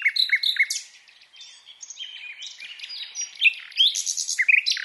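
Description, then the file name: Common nightingale song of mixed short whistles, chirps and slurred notes in irregular bursts, quieter in the middle. "Luscinia megarhynchos"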